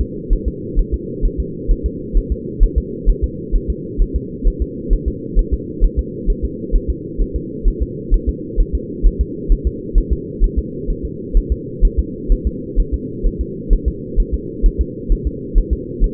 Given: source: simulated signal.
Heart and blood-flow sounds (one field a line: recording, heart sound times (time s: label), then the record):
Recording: fetal heart sounds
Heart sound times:
0.01 s: S2
0.33 s: S1
0.48 s: S2
0.79 s: S1
0.94 s: S2
1.25 s: S1
1.40 s: S2
1.71 s: S1
1.86 s: S2
2.17 s: S1
2.32 s: S2
2.63 s: S1
2.78 s: S2
3.09 s: S1
3.24 s: S2
3.56 s: S1
3.70 s: S2
4.02 s: S1
4.16 s: S2
4.48 s: S1
4.62 s: S2
4.93 s: S1
5.08 s: S2
5.39 s: S1
5.54 s: S2
5.84 s: S1
5.99 s: S2
6.30 s: S1
6.45 s: S2
6.76 s: S1
6.90 s: S2
7.21 s: S1
7.36 s: S2
7.68 s: S1
7.82 s: S2
8.14 s: S1
8.29 s: S2
8.60 s: S1
8.75 s: S2
9.06 s: S1
9.21 s: S2
9.52 s: S1
9.67 s: S2
9.98 s: S1
10.13 s: S2
10.44 s: S1
10.58 s: S2
10.90 s: S1
11.05 s: S2
11.37 s: S1
11.52 s: S2
11.85 s: S1
11.99 s: S2
12.32 s: S1
12.47 s: S2
12.80 s: S1
12.94 s: S2
13.27 s: S1
13.41 s: S2
13.73 s: S1
13.88 s: S2
14.20 s: S1
14.34 s: S2
14.66 s: S1
14.81 s: S2
15.12 s: S1
15.27 s: S2
15.58 s: S1
15.73 s: S2
16.04 s: S1
From the record:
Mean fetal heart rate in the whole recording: 130 bpm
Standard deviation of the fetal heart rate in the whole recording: 2 bpm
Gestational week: 38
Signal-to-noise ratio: -4.1 dB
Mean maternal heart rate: no maternal heart sound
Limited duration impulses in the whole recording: absent